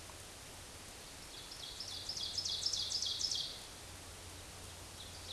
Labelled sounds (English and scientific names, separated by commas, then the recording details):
Ovenbird (Seiurus aurocapilla) song
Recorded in a Pennsylvania forest on 17 May 2023 at 14:07
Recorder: AudioMoth, point grid1_6_low
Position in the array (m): 165 m, 55 m